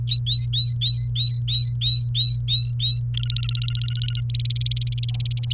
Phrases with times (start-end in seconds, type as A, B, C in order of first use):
0.07-3.00 A, 3.14-4.20 B, 4.30-5.53 C